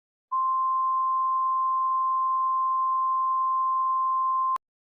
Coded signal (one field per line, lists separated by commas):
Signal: Emergency Alert System (SAME) tones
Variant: 1050 Hz attention tone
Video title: EAS #5 (maybe): Tsunami Warning In Nooblandia